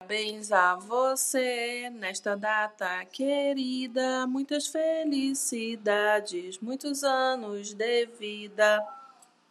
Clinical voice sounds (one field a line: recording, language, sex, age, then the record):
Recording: short text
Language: Brazilian Portuguese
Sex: female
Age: 40 to 49 years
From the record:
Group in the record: control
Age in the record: 43 years